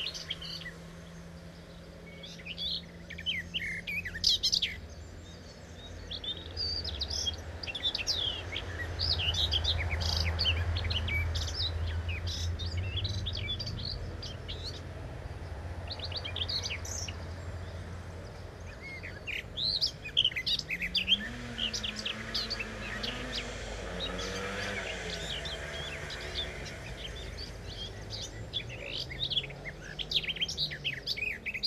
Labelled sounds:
Common Whitethroat song

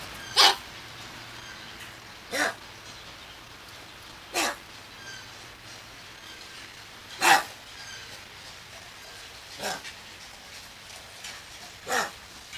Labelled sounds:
Lion-tailed Macaque call

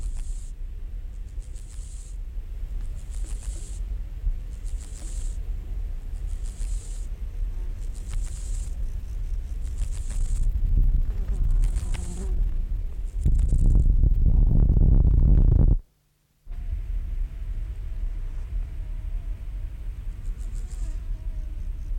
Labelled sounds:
Water-meadow Grasshopper stridulation

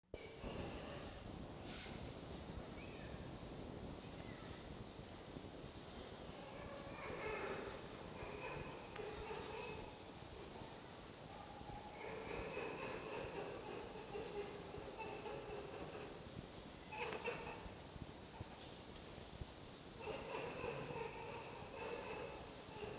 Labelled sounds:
Red Fox

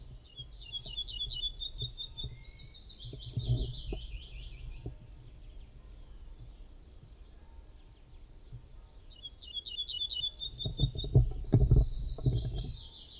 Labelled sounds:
Ortolan Bunting song

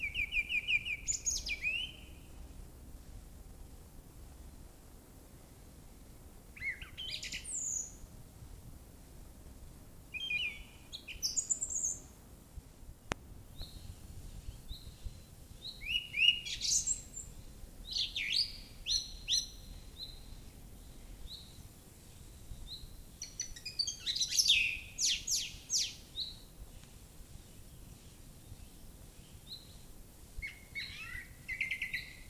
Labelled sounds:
Song Thrush song

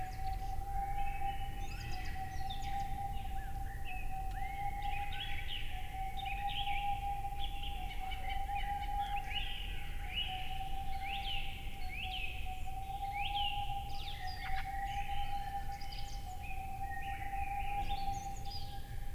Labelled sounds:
Boreal Owl

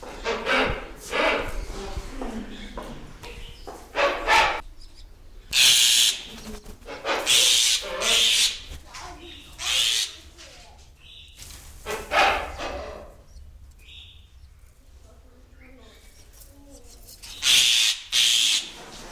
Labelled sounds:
Wreathed Hornbill call

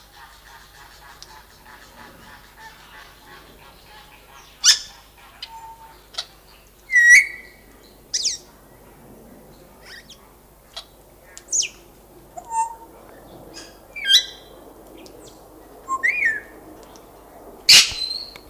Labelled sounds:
Grey Parrot call

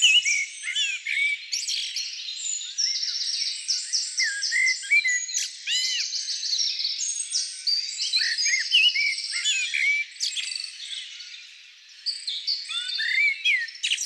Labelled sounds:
Common Blackbird song

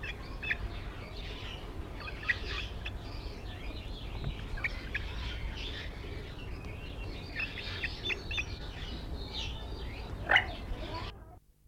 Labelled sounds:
Red-legged Seriema call

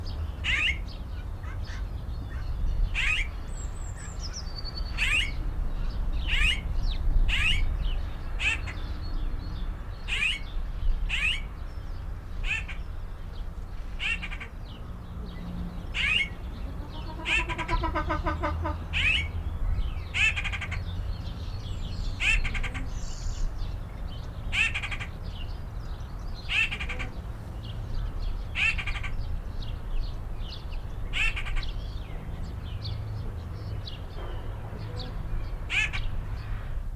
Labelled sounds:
Blue Eared Pheasant call

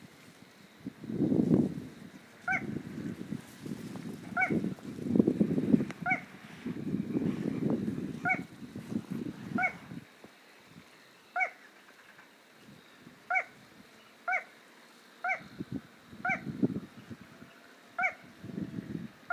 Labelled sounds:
Little Crake song

